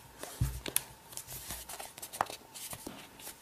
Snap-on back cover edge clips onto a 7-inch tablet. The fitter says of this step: So it just pops into place, just snap it around the edge.